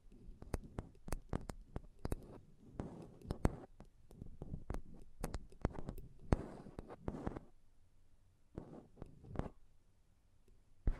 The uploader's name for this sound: Intense Mic Tapping and Scratching Sounds